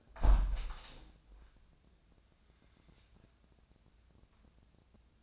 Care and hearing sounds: daily activity, microphone in the room; close window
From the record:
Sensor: 2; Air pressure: 1012.1 hPa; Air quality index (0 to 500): 128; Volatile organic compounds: 1 ppm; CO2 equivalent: 951 ppm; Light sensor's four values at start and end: 180/433/182/191 and 180/434/182/191

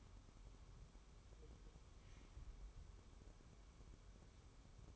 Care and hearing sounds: daily activity, microphone in the room; wipe stove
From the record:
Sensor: 1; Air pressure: 1015.1 hPa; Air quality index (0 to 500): 63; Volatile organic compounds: 1 ppm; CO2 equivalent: 806 ppm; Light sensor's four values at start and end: 14/33/13/15 and 14/32/13/15

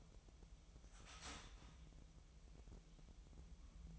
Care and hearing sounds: daily activity, microphone in the room; start toaster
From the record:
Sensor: 1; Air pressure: 988.6 hPa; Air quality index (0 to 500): 197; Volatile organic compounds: 940 ppm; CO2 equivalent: 5237 ppm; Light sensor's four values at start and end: 25/94/35/37 and 25/94/35/37

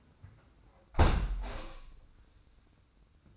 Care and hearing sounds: daily activity, microphone in the room; close window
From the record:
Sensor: 2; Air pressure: 990.2 hPa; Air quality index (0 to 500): 199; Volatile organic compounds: 1000 ppm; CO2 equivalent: 6367 ppm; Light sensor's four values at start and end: 23/55/22/22 and 24/56/23/23

